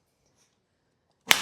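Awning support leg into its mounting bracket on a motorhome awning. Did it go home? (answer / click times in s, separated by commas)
yes / 1.3 s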